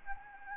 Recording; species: mosquito wingbeat signal from an infrared sensor; Anopheles gambiae